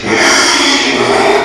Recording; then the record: squeal of a Yucatan mini pig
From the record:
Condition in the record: after surgery on the right vocal fold (resection and tissue-engineered implant); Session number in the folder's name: 2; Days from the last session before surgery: 13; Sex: male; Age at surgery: 12 weeks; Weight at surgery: 13 kg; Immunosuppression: cyclosporine, prednisolone